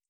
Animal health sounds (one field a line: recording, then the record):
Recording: hydrophone in a shrimp aquaculture tank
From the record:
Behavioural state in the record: feeding